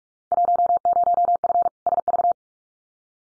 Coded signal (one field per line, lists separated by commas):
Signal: Morse code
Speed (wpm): 46 wpm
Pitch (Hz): 700 Hz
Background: none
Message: 10F SV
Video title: Field Day Exchange Encore 45wpm